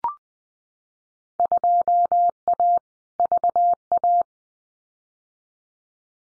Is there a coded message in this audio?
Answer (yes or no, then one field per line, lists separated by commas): yes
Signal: Morse code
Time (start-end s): 1.4-4.2 s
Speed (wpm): 20 wpm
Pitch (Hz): 700 Hz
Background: none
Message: 2A VA